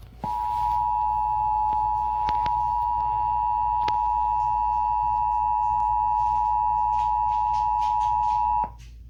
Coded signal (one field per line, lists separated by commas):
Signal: Emergency Alert System (SAME) tones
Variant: 853 and 960 Hz attention tone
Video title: National Emergency Alert System Test #14 (November 9, 2011)